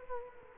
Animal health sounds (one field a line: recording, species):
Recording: mosquito wingbeat signal from an infrared sensor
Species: Culex quinquefasciatus